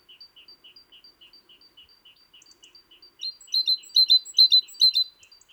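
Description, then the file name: Great tit calls: a steady series of soft, high, two-part notes, then a louder burst of rapid, sharp, scolding chirps. "Parus major"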